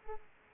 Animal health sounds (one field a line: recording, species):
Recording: mosquito wingbeat signal from an infrared sensor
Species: Aedes aegypti